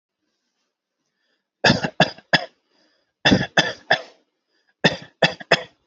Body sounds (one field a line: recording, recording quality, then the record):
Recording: shallow voluntary cough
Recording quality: excellent, no background noise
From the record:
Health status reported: healthy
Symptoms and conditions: none ticked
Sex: male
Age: 29 years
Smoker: not ticked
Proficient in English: yes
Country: India